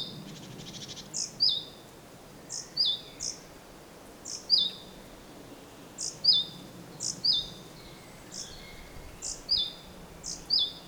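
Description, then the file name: Great tit calling with repeated high two-note phrases, preceded by a short buzzy rattle at the start. "Parus major"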